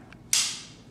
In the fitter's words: inside of the webbing itself and I connect and I listen for the click